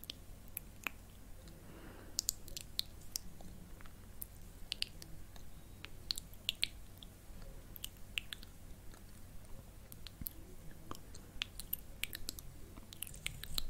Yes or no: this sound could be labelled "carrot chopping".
no